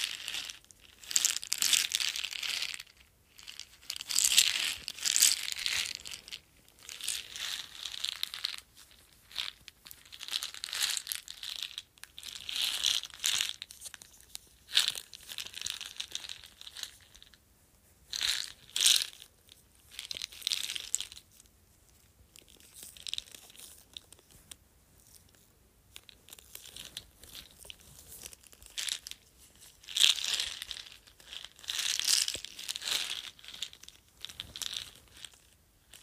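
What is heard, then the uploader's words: Soda candies being handled, with crinkly wrapper crumpling and crackling in bursts that come and go. The rustling is bright and papery, busiest in the first few seconds and again around 13–16 and 30–34 seconds, separated by brief quiet gaps. ASMR Soda Candies.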